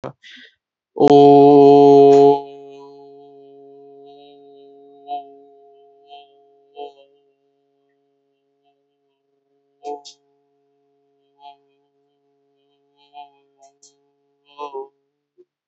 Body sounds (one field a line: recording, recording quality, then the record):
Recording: sustained vowel as in boot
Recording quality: excellent, no background noise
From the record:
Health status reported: healthy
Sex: male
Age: 20 years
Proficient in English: yes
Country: India